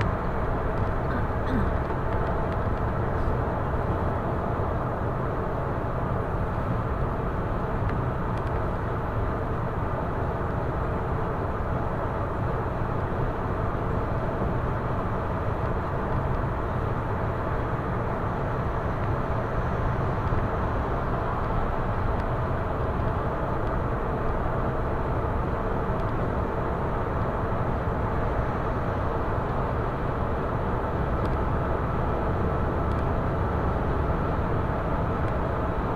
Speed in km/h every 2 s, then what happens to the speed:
117, 117, 117, 118, 118, 119, 118, 119, 119, 117, 117, 117, 120, 125, 122, 123, 123, 128.
0-23 steady at about 117. 23-26 speeds up to 125. 26-36 steady at about 123.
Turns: none.